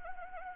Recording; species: mosquito wingbeat signal from an infrared sensor; Anopheles arabiensis